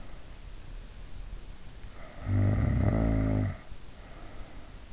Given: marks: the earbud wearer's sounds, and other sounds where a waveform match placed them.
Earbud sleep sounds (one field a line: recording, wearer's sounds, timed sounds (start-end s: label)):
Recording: sounds in sleep by an in-ear microphone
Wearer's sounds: snoring breath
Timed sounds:
2.03-3.85 s: snoring breath